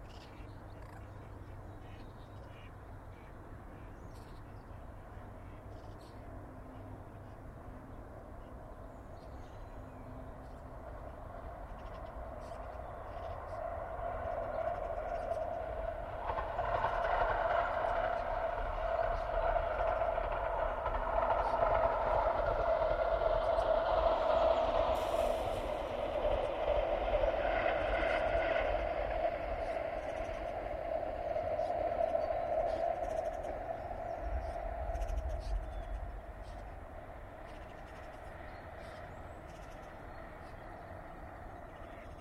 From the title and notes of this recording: Recording taken from the bend in the Mersey just where it reaches its closest to the track from Hawthorn Road. Again with the distant drone of the M60, the trams pass from right to left (Manchester to Altrincham) as they slowly enter and exit from this vibrant environment. Stereo ECM-77’s.